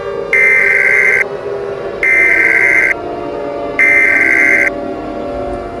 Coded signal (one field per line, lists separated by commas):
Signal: Emergency Alert System (SAME) tones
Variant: header bursts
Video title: An EAS SCENARIO: Indianapolis New Monster